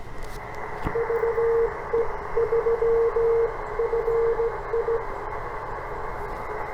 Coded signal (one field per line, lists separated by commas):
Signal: Morse code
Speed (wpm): 16 wpm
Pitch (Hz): 460 Hz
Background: radio noise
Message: VE3FI